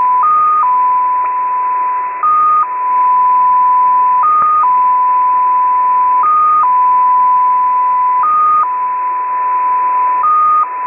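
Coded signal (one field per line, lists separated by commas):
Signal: multi-tone FSK (Olivia or MFSK type)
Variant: XPA2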